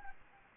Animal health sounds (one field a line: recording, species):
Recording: mosquito wingbeat signal from an infrared sensor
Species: Anopheles arabiensis